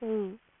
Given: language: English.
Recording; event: throat vibration sensor signal played as sound; speech